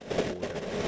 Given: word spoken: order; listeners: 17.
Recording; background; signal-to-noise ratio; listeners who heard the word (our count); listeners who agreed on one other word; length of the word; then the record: one English word in noise, from a listening test; noise modulated by three-talker babble; -7.9 dB; 3 of 17; 6 of 17; 0.48 s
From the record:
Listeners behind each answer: 6, 4, 3, 1, 1, 1, 1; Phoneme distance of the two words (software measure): 17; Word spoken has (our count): 2 syllables, 3 phonemes, stress on syllable 1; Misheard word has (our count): 2 syllables, 4 phonemes, stress on syllable 1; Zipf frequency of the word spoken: 5.15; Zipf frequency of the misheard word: 5.53